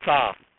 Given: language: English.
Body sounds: throat vibration sensor signal played as sound; speech

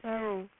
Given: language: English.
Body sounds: throat vibration sensor signal played as sound; speech

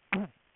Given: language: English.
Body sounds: throat vibration sensor signal played as sound; throat clearing

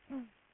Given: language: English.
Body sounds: throat vibration sensor signal played as sound; throat clearing

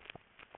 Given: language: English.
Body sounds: throat vibration sensor signal played as sound; swallow

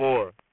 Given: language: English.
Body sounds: throat vibration sensor signal played as sound; speech

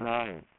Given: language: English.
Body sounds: throat vibration sensor signal played as sound; speech

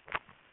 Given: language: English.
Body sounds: throat vibration sensor signal played as sound; swallow

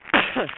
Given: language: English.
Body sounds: throat vibration sensor signal played as sound; cough

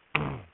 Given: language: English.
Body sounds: throat vibration sensor signal played as sound; throat clearing

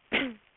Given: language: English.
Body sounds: throat vibration sensor signal played as sound; cough

